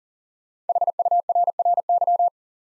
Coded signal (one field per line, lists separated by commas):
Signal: Morse code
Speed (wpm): 42 wpm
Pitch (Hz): 700 Hz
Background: none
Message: HURRY